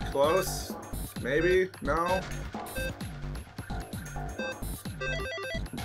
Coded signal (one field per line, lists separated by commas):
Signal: none